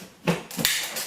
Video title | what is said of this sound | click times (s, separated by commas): Dyson DC 22 Vacuum Cleaner How To Clean Filters And Service | This just clips back together. | 0.3 s, 0.6 s